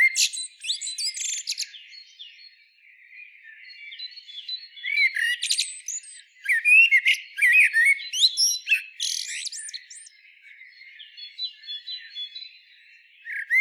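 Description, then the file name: Common blackbird song: fluty warbled phrases with squeaky high twitters and sharp chirps, bursts coming in uneven runs with brief quieter gaps between them. "Turdus merula"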